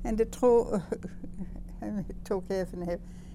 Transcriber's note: she laughs